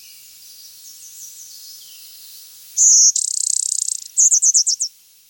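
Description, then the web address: Blue-winged warbler buzzy two-part song, a high thin buzz then a coarse rattling buzz, followed by a short series of high chip notes. Chicago region. "Birds of the Chicago Region. Blue-winged Warbler"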